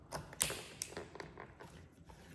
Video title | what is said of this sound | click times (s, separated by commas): 1100PSI Cordless Pressure Washer by Mole Beans instructions | you can hear it click anyway you put this on instead of this | 0.4 s